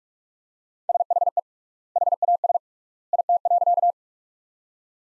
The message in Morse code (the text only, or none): SHE HAS IT.